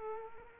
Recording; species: mosquito wingbeat signal from an infrared sensor; Culex quinquefasciatus